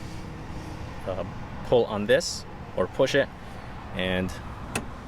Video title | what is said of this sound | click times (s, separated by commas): 2022 Toyota Tacoma SR REVIEW - This is Why You Should Stay Away From The Base! | drops down locks in place so it's locked in place now | 4.8 s